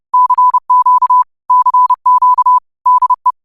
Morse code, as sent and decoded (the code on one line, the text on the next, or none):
-.-. --.- / -.-. --.- / -.. .
CQ CQ DE